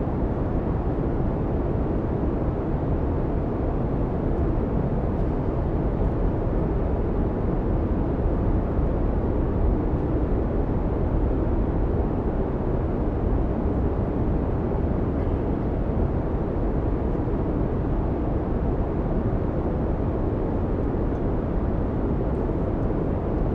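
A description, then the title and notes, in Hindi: Steady, dense airplane cabin rumble, heavy in the low end and constant throughout, with faint higher hiss and a few tiny clicks. विमान के कैबिन का माहौल Airplane Cabin. हम अब 40,000 फीट की ऊँचाई पर हैं. विमान के इंजन की सहज गूंज.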